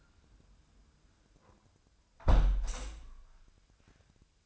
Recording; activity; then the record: daily activity, microphone in the room; close window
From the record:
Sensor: 2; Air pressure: 1004.5 hPa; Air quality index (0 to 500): 75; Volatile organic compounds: 1 ppm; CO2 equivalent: 885 ppm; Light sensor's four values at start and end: 6/14/6/6 and 6/14/5/5